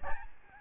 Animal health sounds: mosquito wingbeat signal from an infrared sensor; Aedes albopictus

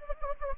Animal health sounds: mosquito wingbeat signal from an infrared sensor; Anopheles gambiae

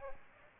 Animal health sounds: mosquito wingbeat signal from an infrared sensor; Aedes aegypti

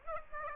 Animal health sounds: mosquito wingbeat signal from an infrared sensor; Aedes aegypti

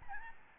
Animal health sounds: mosquito wingbeat signal from an infrared sensor; Aedes albopictus

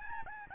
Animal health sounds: mosquito wingbeat signal from an infrared sensor; Aedes albopictus

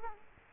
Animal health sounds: mosquito wingbeat signal from an infrared sensor; Culex quinquefasciatus

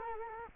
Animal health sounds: mosquito wingbeat signal from an infrared sensor; Culex quinquefasciatus

